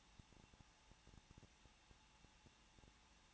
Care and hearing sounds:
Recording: daily activity, microphone in the room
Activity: no activity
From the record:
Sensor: 1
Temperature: 20.1 degrees Celsius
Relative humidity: 39.1%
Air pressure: 1006.4 hPa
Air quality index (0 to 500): 217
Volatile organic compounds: 75 ppm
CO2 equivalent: 3563 ppm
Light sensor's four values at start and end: 1/2/1/1 and 1/2/1/1

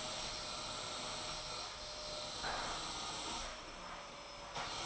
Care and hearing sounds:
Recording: daily activity, microphone in the room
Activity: vacuum cleaning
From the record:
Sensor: 5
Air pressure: 995.4 hPa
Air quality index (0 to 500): 81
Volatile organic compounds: 3 ppm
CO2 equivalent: 1495 ppm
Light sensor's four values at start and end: 35/86/34/35 and 35/86/35/36

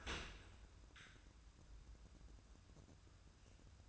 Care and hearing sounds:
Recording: daily activity, microphone in the room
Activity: open dishwasher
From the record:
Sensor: 2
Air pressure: 994.3 hPa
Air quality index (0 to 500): 213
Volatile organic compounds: 1000 ppm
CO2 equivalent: 7049 ppm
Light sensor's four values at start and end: 150/361/153/161 and 147/352/150/156

